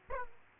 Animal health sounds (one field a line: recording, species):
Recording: mosquito wingbeat signal from an infrared sensor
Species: Aedes aegypti